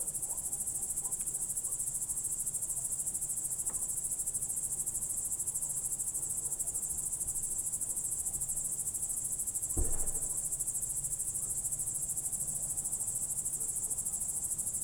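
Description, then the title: Crickets keep up a continuous shrill pulsing chorus over a low hum, with one brief soft knock near the middle. Night crickets heard through a window in Goworów, Poland, late evening of 18 July 2022, World Listening Day, recorded with a Zoom F4 and AT BP4025. "Goworów 6, 57-515, Poland - World Listening Day/Night 18/07/2022-night crickets"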